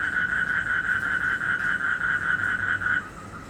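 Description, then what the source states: Frog trilling in pulsed notes, the trill fading out near the end. Recorded in Indonesia in 2012, during travel.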